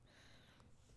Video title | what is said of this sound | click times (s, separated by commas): Easy pessy Inverted Memory wire Earrings/ Beaded 3/4th hoop Earrings | there we go did you hear that click | 0.6 s